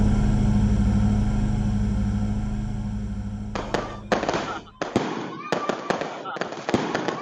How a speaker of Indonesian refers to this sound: Petasan itu meledak.